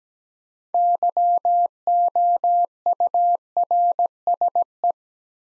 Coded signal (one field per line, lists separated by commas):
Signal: Morse code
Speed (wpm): 17 wpm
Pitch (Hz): 700 Hz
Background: none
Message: YOURSE